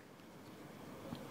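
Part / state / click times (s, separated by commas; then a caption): accessory attachment onto pocket gimbal camera / not seated / none. A plastic extension handle accessory is held and lined up on a DJI Osmo Pocket 3 pocket gimbal camera before being connected, with faint handling rustle over a steady low background. Someone talks, and nothing has seated or locked yet.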